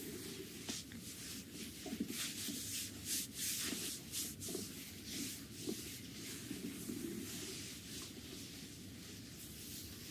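Abdominal massage with a continuous low churning and rumbling under the hands, dense and irregular throughout. Frequent brief hissing swishes of skin rubbing come in bursts every second or so, with a few soft gurgles around the middle of the clip.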